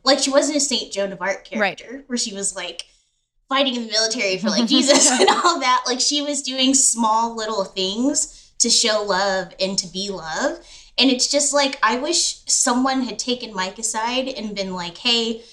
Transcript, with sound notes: She wasn’t a Saint Joan of Arc character, where she was like fighting in the military for Jesus and all that. [chuckle] She was doing small, little things to show love and to be love, and it’s just I wish someone had taken Mike aside and been like, “Hey,